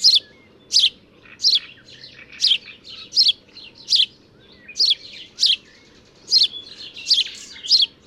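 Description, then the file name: House sparrow chirping, short bright chirps repeated roughly every half to one second, some fainter chirps between them, with a steady low hum underneath. "Passer domesticus"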